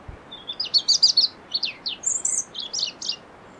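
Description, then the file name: European robin gives a run of sharp, high thin notes and twittery fragments, varied in pitch and coming at a quick, uneven pace. "Erithacus rubecula"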